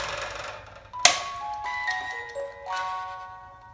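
The pop-up surprise canister of a cake stand is pushed back down into the stand's base until it locks, and a sharp click at 1.0 s shows it seating into place. Soft tonal music plays throughout, with no talk heard.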